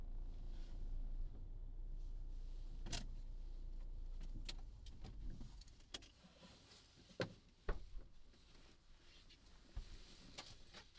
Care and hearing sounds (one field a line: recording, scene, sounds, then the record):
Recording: everyday scene through a hearing-aid microphone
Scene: in a vehicle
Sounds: other noises, engine stopping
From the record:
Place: Berlingo II, diesel engine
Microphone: in the ear canal, left